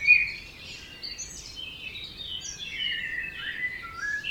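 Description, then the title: Several birds singing together, a mix of warbled phrases and high chirps, steady and overlapping. Dawn chorus at 4am in Oberhofen, Inntal valley, Austria; binaural recording. "Birds Oberhofen Inntal Austria - 4am - binaural version"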